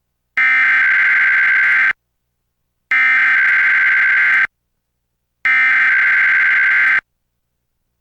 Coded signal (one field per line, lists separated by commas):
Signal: Emergency Alert System (SAME) tones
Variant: header bursts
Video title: EAS #882-883: NWR and EAS Required Monthly Tests- Oct. 19, 2023- 10:19AM PDT